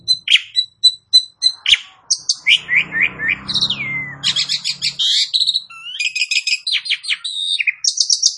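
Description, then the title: Asian pied starling song: clicking rattles, slurred descending whistles and dense chattering phrases in a continuous, lively sequence, with low rumble in the middle. "Bunyi Jalak Suren"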